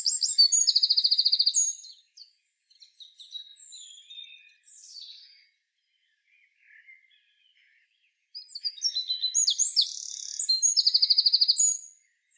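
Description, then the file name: Eurasian wren singing twice: a rapid trilling phrase at the start, quiet twitters, a pause, then another loud burst of high notes and rattling trills. "Troglodytes troglodytes"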